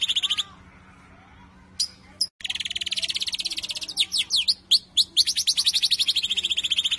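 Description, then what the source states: Lovebird giving a brief burst of fast, shrill chirping notes, then after a pause a long, steady run of high, repeated pulses, with some sharper squeaks mixed in. Lovebird whose call style is described as "konslet".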